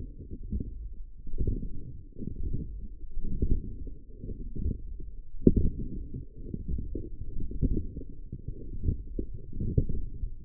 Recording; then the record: forearm muscle sounds (acoustic myography)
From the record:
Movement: forearm pronation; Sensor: system 1, eight BSWA MPA416 microphones around the upper forearm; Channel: 8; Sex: female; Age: 20 years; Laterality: right